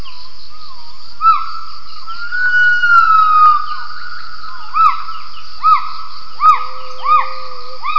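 Gibbon calls: a long swooping whistled note, then a series of short arched hoots, with a faint steady tone in the background.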